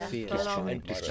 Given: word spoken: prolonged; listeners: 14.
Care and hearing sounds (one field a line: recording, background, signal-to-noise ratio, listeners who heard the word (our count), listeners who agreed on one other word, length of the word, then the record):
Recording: one English word in noise, from a listening test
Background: four-talker babble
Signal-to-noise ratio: -1.5 dB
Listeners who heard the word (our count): 0 of 14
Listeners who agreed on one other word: 7 of 14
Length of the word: 0.71 s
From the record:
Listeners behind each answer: 7, 1, 1, 1, 1, 1, 1, 1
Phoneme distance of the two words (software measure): 34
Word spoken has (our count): 2 syllables, 7 phonemes, stress on syllable 2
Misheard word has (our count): 2 syllables, 5 phonemes, stress on syllable 2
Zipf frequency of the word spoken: 3.43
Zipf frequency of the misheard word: 4.30